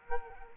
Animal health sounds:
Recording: mosquito wingbeat signal from an infrared sensor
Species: Culex quinquefasciatus

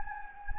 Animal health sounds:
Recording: mosquito wingbeat signal from an infrared sensor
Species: Anopheles gambiae

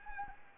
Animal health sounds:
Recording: mosquito wingbeat signal from an infrared sensor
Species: Anopheles gambiae

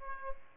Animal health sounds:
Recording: mosquito wingbeat signal from an infrared sensor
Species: Aedes aegypti

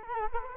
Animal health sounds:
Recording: mosquito wingbeat signal from an infrared sensor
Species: Culex quinquefasciatus

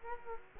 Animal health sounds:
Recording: mosquito wingbeat signal from an infrared sensor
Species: Culex quinquefasciatus

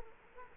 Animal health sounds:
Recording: mosquito wingbeat signal from an infrared sensor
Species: Culex quinquefasciatus

